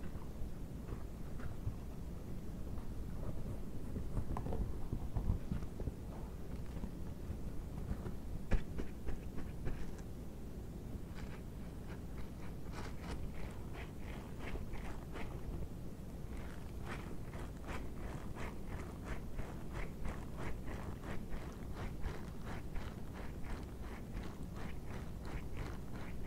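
Gloves rub and scratch in a dense, steady low rumble, with quick bright crackling taps clustering from about twelve seconds onward.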